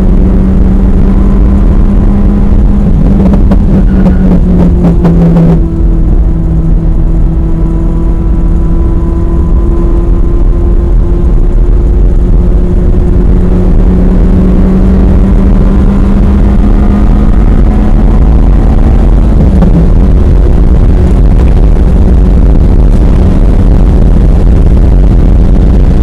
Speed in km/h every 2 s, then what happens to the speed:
142, 132, 113, 116, 119, 124, 129, 138, 150, 151, 158, 161, 163.
0-5 brakes to 113. 5-26 speeds up to 163.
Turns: 3-13.